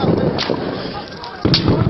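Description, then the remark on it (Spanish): Two sharp gunshot cracks from soldiers firing live rounds, one early and one late, ring out over a rough, noisy background with voices murmuring underneath. “Ayuda, hay un herido. Ayuda, pues. Bala, hay que llevar allá.”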